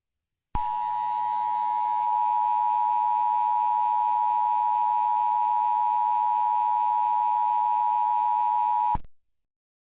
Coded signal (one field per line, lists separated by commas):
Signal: Emergency Alert System (SAME) tones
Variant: 853 and 960 Hz attention tone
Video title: EAS Throwback Thursday/Recreation: REAL Blue Alert for Tennessee! (06/28/22)